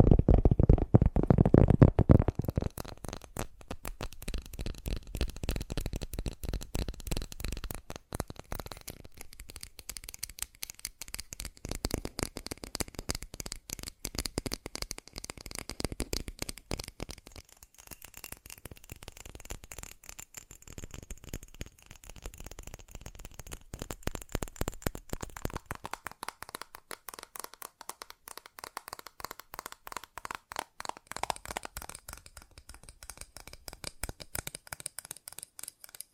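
Fast tapping runs nearly without pause for the whole stretch, a dense rattle of quick, light clicks. A louder, lower thump-filled burst opens the first two seconds, then the taps settle into an uneven rhythm that swells and thins in waves.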